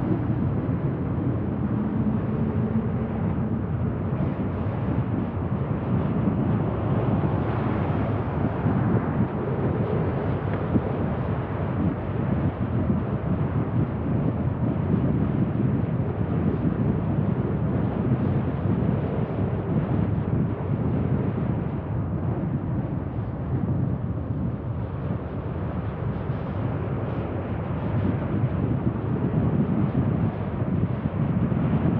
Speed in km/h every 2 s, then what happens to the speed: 38, 41, 43, 43, 43, 42, 43, 43, 41, 37, 34, 33, 36, 40, 45, 49.
0-15 steady at about 43. 15-22 slows to 33. 22-32 speeds up to 49.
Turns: 19-25.